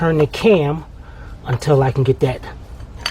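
Someone talks while turning the camshaft in a cylinder head, working a metal cam holding tool toward its locking point during a rocker arm job on a Chrysler 300, Town & Country, Dodge Charger, Caravan, Jeep Cherokee, Wrangler or Ram 1500. A brief sharp sound comes near 3.1 s, but the tool has not locked into place and nothing has seated yet.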